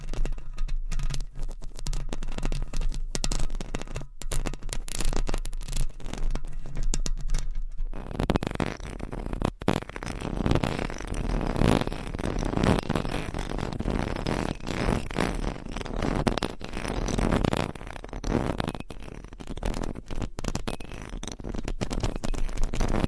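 Mic scratching fills the whole 23 seconds as a dense, rough rustle with no pauses. The first eight seconds are thinner and crackly, broken by sharp clicks, with a low hum underneath; after that the scratching turns fuller and louder, a constant grainy scraping with slight surges.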